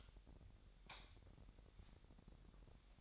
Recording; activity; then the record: daily activity, microphone in the room; light off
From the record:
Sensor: 3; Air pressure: 1011.9 hPa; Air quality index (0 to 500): 228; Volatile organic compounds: 4 ppm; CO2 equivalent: 1698 ppm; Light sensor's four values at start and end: 17/43/18/18 and 15/35/15/15